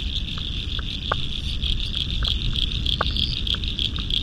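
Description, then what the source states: Frog chorus: scattered short clicking notes over a steady, high, shimmering trill, with a constant low rumble underneath. Spring frog chorus at dusk beside the South Pacific Ocean, Royal National Park, Australia, November 2015.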